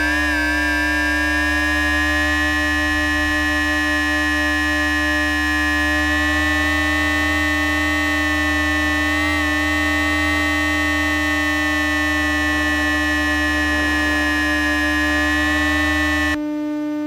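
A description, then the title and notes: An electromagnetic recording from a tram: a dense, steady electrical buzz made of many stacked whining tones over a heavy low hum. The upper whines drift slightly in pitch throughout, and near the end the low hum cuts out abruptly, leaving a thinner buzz. Electromagnetic field recording from tram number 13. Gear: LOM Elektrosluch Mini City and Zoom H2. Place: Brugata to Birkelunden Oslo, Norway.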